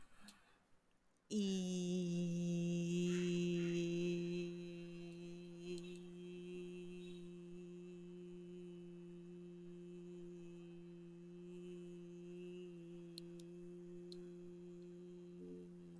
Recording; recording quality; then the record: sustained vowel as in beet; excellent, no background noise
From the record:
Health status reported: healthy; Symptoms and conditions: none ticked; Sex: female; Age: 43 years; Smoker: not ticked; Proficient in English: yes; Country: India